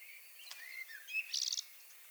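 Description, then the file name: Common blackbird song, a soft fluted phrase followed by a brief high squeaky twitter. "Turdus merula"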